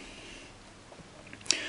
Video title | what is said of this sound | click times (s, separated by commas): Présentation housse Noreve pour nouvel iPad par Tablette-Tactile.net | voilà, les clips la tiennent plutôt bien. | 1.5 s